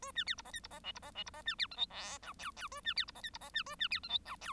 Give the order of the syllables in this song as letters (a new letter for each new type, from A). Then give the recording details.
A B C D E F D E G D E G D E B C H I J K L L A B C D E F D E B A B C H I K L. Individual Bird1